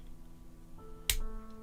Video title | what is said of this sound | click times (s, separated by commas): Intermit.Tech #082 - QuinLED-Diff Live Soldering and Protoype testing | and I should snap in place also on this board | 1.1 s